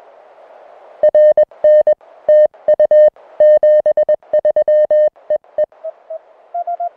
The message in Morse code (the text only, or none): RN TU 73 EE